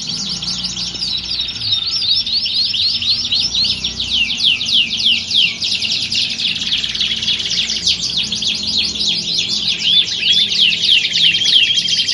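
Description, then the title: Canary song of long, unbroken high trills and rapid swept notes, shifting between rolling phrases and buzzy chatter, with faint low background hum. Belgian canary; warm-up song used for singing contest training and simulation. "Canto Para Esquentar Canário Belga. Simulasi Lomba Kenari. Suara Kenari Lomba. Melatih Mental Kenari Juara"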